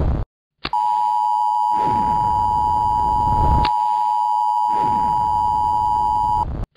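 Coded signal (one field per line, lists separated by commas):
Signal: Emergency Alert System (SAME) tones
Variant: 853 and 960 Hz attention tone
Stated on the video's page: Alert tones from a Roblox game.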